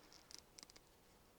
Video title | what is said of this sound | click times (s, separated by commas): Installing a CARB Legal NC Miata Turbo Kit - Flyin' Miata | Make sure it clicks. | 0.3 s, 0.6 s